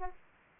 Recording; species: mosquito wingbeat signal from an infrared sensor; Aedes aegypti